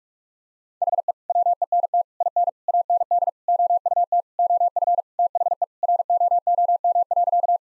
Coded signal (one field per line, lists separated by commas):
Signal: Morse code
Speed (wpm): 41 wpm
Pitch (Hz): 700 Hz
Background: none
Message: HE WENT IN AND OUT OF THE ROOM.